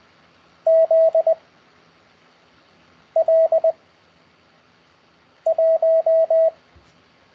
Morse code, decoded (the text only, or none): Z L 1